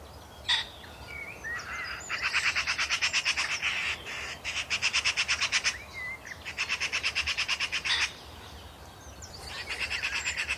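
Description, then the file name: Eurasian magpie chattering: harsh, rapid rattling bursts repeated several times, with a few short squeaky notes between them. "Pica pica"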